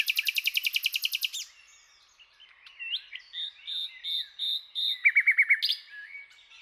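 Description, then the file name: Common nightingale starting with a very rapid high trill, then a run of separate clear whistled notes, and a short fast rattle near the end. "Luscinia megarhynchos"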